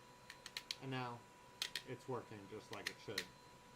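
A 3D-printed plastic articulating camera mount joint, cleared of excess filament with a small tool, is moved back and forth so its printed ratchet teeth work, with a few short sharp ticks near the start before someone talks. Nothing has seated or clicked into place yet.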